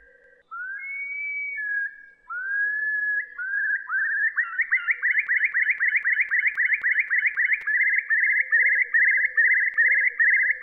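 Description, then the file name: Eurasian curlew gives long, rising whistles that quicken into a steady, rolling, bubbling trill lasting several seconds. "gajahan besar"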